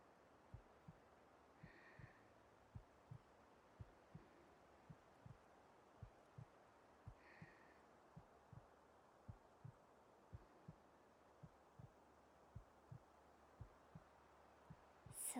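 Steady paired lub-dub thumps at roughly 85 beats a minute, low and soft over a faint hum. A regular adult heartbeat, pounding hard with excitement.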